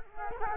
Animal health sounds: mosquito wingbeat signal from an infrared sensor; Culex quinquefasciatus

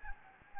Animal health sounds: mosquito wingbeat signal from an infrared sensor; Anopheles gambiae

